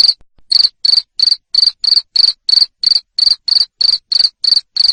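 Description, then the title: Cricket chirping in a loud even rhythm, high pulsed chirps roughly three per second after a brief opening gap. Loud cricket chirping used to stimulate lovebirds into continuous singing (ngekek). "Suara JANGKRIK NGERIK Keras Bikin LOVEBIRD Jadi NGEKEK Terus"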